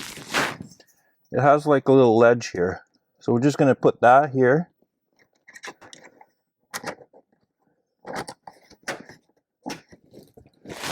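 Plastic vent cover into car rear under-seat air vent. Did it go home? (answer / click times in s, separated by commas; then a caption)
yes / 8.3 s, 8.5 s, 8.9 s. A plastic vent cover is set on the ledge of the rear under-seat air vent of a Tesla Model Y Juniper, closing off an open vent design flaw. After someone talks, there are soft handling sounds, then crunchy snaps at 8.3, 8.5 and 8.9 seconds as the cover is pressed down and locks into place.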